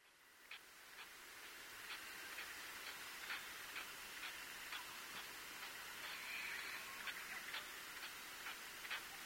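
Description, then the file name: Latham's snipe calls, faint repeated sharp notes about twice a second, partly masked by a steady hiss of background noise. "oojishigi"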